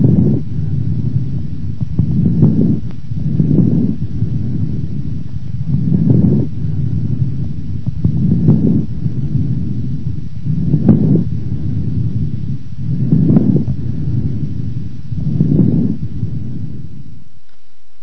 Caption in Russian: Влажные, незвонкие, мелкопузырчатые хрипы у пациента с бронхитом.